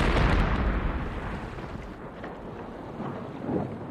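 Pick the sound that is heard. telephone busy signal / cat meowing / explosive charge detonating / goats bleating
explosive charge detonating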